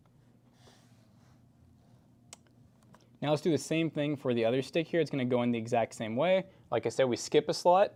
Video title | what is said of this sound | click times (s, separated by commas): Late Night PC Build | push straight down. And you should get a nice click. | 2.3 s